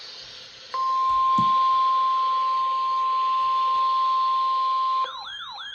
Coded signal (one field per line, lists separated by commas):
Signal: Emergency Alert System (SAME) tones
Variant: 1050 Hz attention tone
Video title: EAS Alerts From 7/11/25: A Compilation (EAS 901-908)